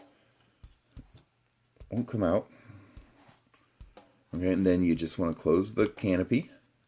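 Someone talks while handling a Star Wars Micro Machines Action Fleet A-Wing toy spaceship, with a few soft handling taps as the plastic cockpit canopy is about to be closed over the pilot figure. The canopy has not snapped shut yet; nothing has seated or clicked in this clip.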